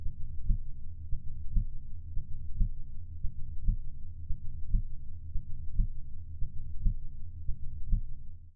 Heart Beat.